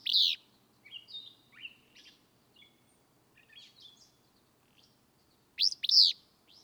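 Willow flycatcher giving burry two-note songs at the start and end, with varied softer whistled chirps and slurred notes in between.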